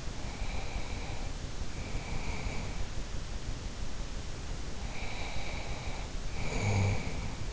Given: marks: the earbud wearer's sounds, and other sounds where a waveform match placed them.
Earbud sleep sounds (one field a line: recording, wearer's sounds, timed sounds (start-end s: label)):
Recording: sounds in sleep by an in-ear microphone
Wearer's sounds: breath, snoring breath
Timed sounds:
0.05-2.88 s: breath
4.72-7.53 s: snoring breath